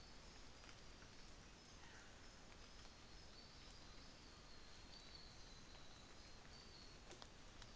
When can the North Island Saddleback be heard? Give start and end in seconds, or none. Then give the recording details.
none. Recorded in New Zealand on 24 December 2018. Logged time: 09:00